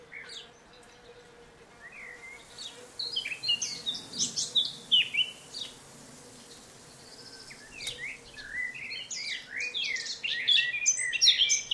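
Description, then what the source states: Blackcap warbling song in two bursts of quick, varied high notes separated by a pause, over a steady low hum. Rich, varied warble, usually starting with chattering and finishing with a flourish of flute-like notes; longer pauses than garden warbler.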